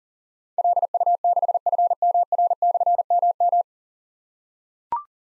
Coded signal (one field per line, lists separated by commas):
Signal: Morse code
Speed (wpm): 40 wpm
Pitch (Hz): 700 Hz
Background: none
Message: LU6FMR/MM